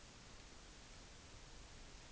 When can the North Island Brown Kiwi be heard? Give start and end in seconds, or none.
none